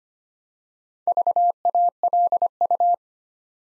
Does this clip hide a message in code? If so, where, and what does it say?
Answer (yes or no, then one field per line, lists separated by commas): yes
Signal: Morse code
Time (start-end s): 1.1-2.9 s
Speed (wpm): 25 wpm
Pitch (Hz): 700 Hz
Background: none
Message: VALU